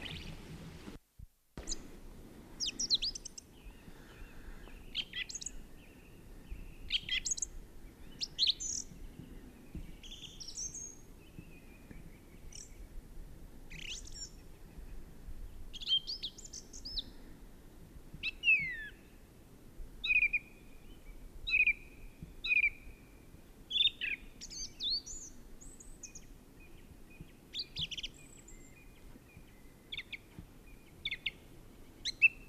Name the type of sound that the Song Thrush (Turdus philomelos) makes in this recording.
song